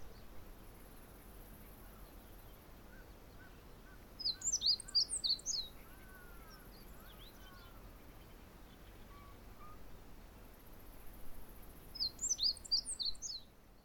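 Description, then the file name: Meadow bunting singing two brief, high, tumbling twittered phrases about eight seconds apart, with faint lower chirps from other birds between them over soft background hiss. Song recorded in June. "ホオジロ 6 月さえずり"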